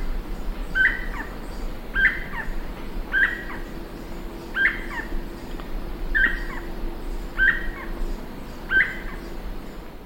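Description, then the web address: Black-bellied cuckoo giving sharp whistled notes, repeated seven times at fairly regular intervals. Eastern lowlands of South America. "Natures Songs S America Eastern Lowlands. Black-bellied Cuckoo"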